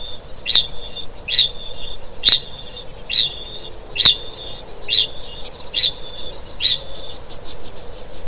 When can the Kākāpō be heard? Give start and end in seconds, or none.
0.00-7.30